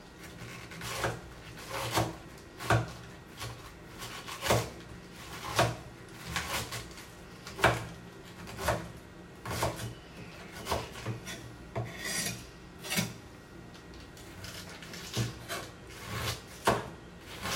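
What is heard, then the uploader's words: Cabbage being shredded in a steady rhythm of rough, rasping strokes, each a short scraping burst, coming roughly once a second for the whole stretch. The strokes vary a little in strength, and a low, steady hum sits underneath throughout. ASMR｜Shredding Cabbage.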